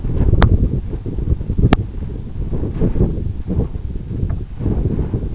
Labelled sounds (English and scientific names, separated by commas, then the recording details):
none
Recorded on Arctic tundra, site EABA-1, on 26 June 2018
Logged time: 04:00